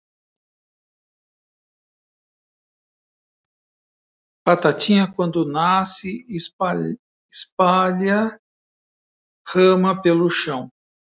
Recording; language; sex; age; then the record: short text; Brazilian Portuguese; male; 60 to 69 years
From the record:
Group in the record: control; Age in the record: 60 years